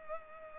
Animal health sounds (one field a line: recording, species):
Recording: mosquito wingbeat signal from an infrared sensor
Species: Culex pipiens